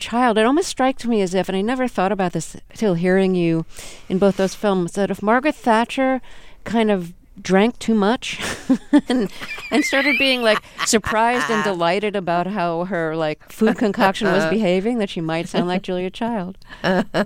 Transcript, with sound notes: It almost strikes me as if - and I never thought about this till hearing you in both those films - that if Margaret Thatcher kind of drank too much...
(LAUGHTER)
...And started being, like, surprised and delighted about how her, like, food concoction was behaving, that she might sound like Julia Child.